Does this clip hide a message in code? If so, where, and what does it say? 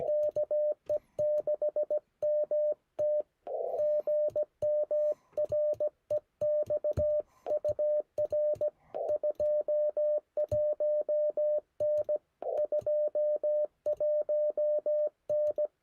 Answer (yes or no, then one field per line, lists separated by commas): yes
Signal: Morse code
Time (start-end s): 0.1-15.7 s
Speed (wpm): 17 wpm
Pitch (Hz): 590 Hz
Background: music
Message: KE6MT GM REX UR 21N 21N